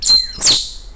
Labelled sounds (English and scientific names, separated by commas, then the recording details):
Stitchbird (Notiomystis cincta) song
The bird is a male
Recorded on Tiritiri Matangi Island, New Zealand, in 2005
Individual 3, of nest box 3